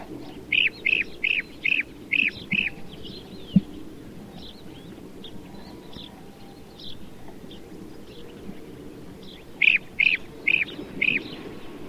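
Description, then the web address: Blue-cheeked bee-eater calls: a run of rolling, mid-pitched trilled notes in quick succession, a quieter stretch with faint notes, then another series near the end. "blue cheeked bee eater bird call"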